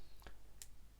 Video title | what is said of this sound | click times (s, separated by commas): Chance Vought Corsair 1/32 scale Tamiya model kit. Part 2 | I think there we go it's clicked into place so | 0.6 s